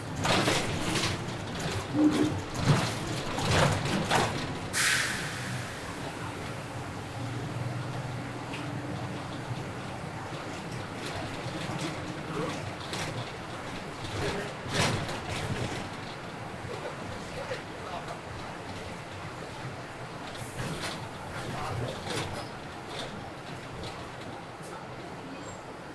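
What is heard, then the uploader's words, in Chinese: A city-bound-out bus rides through rain, wrapped in a steady, dense hiss of wet road and engine. The first five seconds are louder and busier, with a sharp swish near five seconds, then a low rumble and scattered knocks and faint voices continue. 雨天的出城公交。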